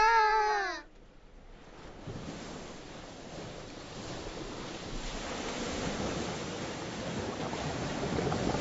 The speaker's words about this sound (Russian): Не слышишь, Борзик? Как будто что-то булькает. Давай подойдем поближе и посмотрим.